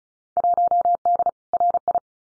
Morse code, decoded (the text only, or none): 1D RI